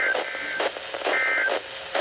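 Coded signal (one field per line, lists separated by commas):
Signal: Emergency Alert System (SAME) tones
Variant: end-of-message bursts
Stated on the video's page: Alerts from NOAA weather radio and FM stations, recorded on an iPad with interference and poor audio on one alert.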